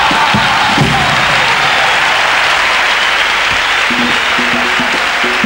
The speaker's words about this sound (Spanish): Medio patio de butacas de pie para recibir con un fortísimo aplauso a esta letra de ….